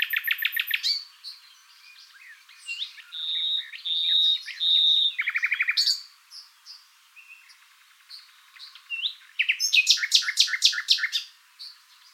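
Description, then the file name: Common nightingale singing varied phrases: quick chattering notes, several long pure whistles, a rapid trill, then a loud run of repeated harsh notes. "Luscinia megarhynchos"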